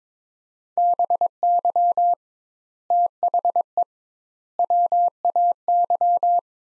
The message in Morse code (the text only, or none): BY THE WAY